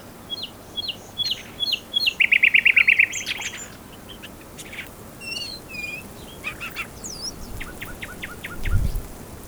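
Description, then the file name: Common nightingale song: varied whistled notes, then a fast rattling trill, followed by sharp clicks, slurred whistles and a rapid series of short notes. "Luscinia megarhynchos"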